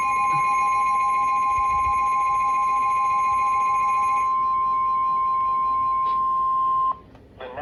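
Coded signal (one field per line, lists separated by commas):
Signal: Emergency Alert System (SAME) tones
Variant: 1050 Hz attention tone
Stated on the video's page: Severe thunderstorm warning on a NOAA Weather Radio station.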